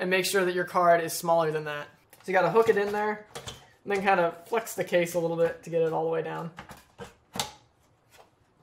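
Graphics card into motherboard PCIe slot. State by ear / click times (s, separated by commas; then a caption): seated / 7.4 s. A long 2080 Ti graphics card is hooked into the motherboard PCIe slot of a compact Dell XPS 8940 desktop case, with the case flexed a little to get the card all the way down. Someone talks throughout, then a sharp click is heard at 7.4 s as the card seats in the slot.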